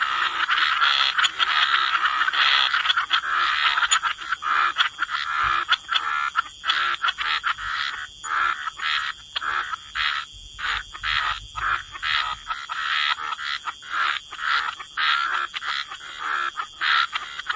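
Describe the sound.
Frogs in a dense chorus opening as a continuous rasping din, then breaking into separate quick croaks at irregular intervals.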